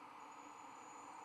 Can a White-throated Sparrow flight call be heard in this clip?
no